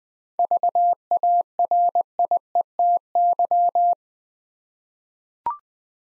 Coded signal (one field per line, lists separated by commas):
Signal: Morse code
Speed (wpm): 20 wpm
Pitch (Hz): 700 Hz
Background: none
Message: VARIETY